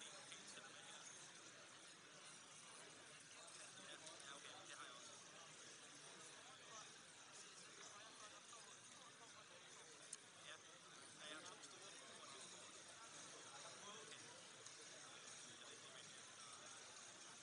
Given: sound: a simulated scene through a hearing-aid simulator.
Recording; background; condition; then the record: conversation; cafeteria; -6 dB SNR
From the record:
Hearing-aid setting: anchor resembling a broken hearing aid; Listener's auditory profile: A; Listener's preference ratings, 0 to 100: 2, 0, 1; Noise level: 65 dB SPL